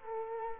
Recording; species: mosquito wingbeat signal from an infrared sensor; Culex quinquefasciatus